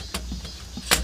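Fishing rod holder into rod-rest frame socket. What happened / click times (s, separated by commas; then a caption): The holder is being handled and fitted; no clear seating click yet / none. A metal/plastic fishing rod holder is handled at the one-touch spring-button socket of a rod-rest frame, over a steady low hum. A short sharp knock comes at about 0.2 s, with a louder bright rattle near 0.9 s. Nothing has seated or clicked into place yet.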